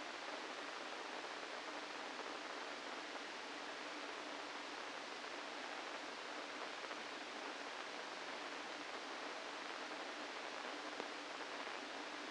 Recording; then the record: brain microelectrode recording played as sound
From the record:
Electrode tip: inside the subthalamic nucleus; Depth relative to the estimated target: -2 mm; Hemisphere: right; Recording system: NeuroSet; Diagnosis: Parkinson's disease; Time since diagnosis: 8 years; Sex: male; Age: 65 years